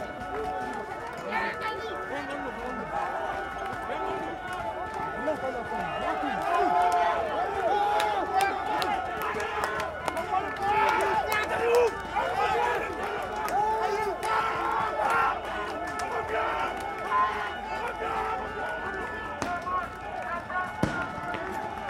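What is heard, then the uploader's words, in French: The end of a street demonstration: a dense, steady crowd murmur of many voices, with occasional clacks and shouts cutting through throughout. Fin de manifestation - Marche des solidarités Paris.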